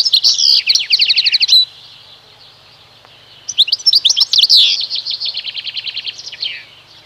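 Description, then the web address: European goldfinch song, two bursts of rapid tinkling twitters and buzzy trills divided by a silent pause of about two seconds. "Ptaki Szczygieł"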